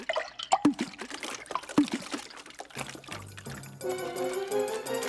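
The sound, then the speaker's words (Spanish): A quick, irregular run of splashes as mice jump headfirst into a river, each a short wet burst. Then a steady, sustained tone swells in beneath the lapping water. “Locos los ratones con mucha presteza a tirarse al río fueron de cabeza.”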